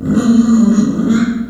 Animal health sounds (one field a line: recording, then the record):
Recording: squeal of a Yucatan mini pig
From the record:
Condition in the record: after surgery on the right vocal fold (resection and tissue-engineered implant)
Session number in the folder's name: 5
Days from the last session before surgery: 33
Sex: female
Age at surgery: 19 weeks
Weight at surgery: 25 kg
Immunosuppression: prednisolone